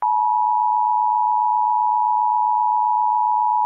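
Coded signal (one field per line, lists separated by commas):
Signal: Emergency Alert System (SAME) tones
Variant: 853 and 960 Hz attention tone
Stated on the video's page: Mock tsunami warning EAS alert made with provided macros, simulated on a recreated EASyPLUS screen, not real.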